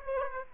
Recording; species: mosquito wingbeat signal from an infrared sensor; Aedes aegypti